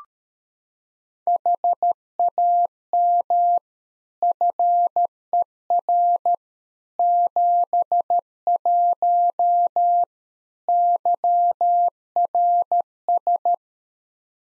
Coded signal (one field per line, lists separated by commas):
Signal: Morse code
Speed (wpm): 13 wpm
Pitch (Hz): 700 Hz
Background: none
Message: HAM FER 71 YRS